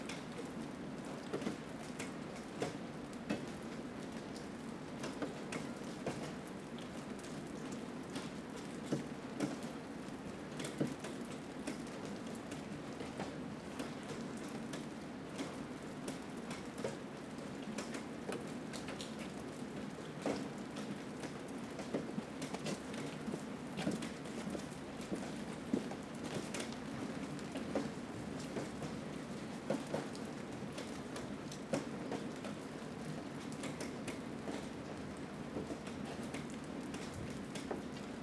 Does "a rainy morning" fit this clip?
yes